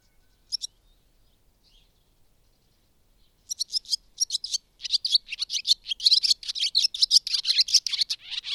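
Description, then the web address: Bird song: a brief high chirp, near silence for about three seconds, then a lively run of rapid, high twittering notes that grows denser and louder toward the end. "madarak enek"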